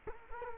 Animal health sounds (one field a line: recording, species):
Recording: mosquito wingbeat signal from an infrared sensor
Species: Culex quinquefasciatus